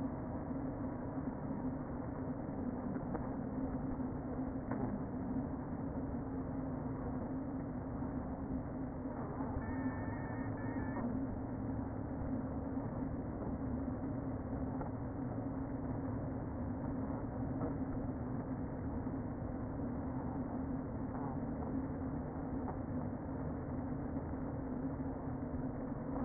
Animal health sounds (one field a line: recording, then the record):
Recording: honeybee colony, microphone inside the hive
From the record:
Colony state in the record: queen present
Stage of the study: before two queens were removed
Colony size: about 60,000 bees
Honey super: yes